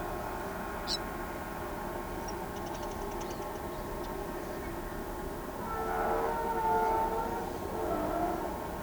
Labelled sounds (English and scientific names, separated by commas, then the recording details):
Ochre-lored Flatbill (Tolmomyias flaviventris), House Wren (Troglodytes aedon)
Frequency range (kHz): Ochre-lored Flatbill (Tolmomyias flaviventris) 2.5-11.3 kHz; House Wren (Troglodytes aedon) 2.1-8.0 kHz
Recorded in pastures near Pivijay, Magdalena, Colombia, on 15 April 2023 at 11:30
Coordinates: 10.456, -74.369
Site P6-G026